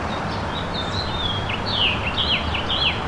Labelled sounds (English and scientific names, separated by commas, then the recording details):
House Finch (Haemorhous mexicanus) song
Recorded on Long Island, New York, on 25 May 2011
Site KG
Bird A